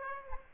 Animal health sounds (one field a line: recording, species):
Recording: mosquito wingbeat signal from an infrared sensor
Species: Aedes aegypti